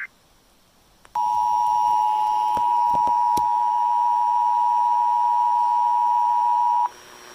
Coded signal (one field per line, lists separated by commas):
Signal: Emergency Alert System (SAME) tones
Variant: 853 and 960 Hz attention tone